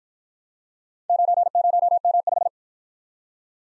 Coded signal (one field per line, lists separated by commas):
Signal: Morse code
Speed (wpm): 52 wpm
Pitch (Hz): 700 Hz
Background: none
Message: 90M5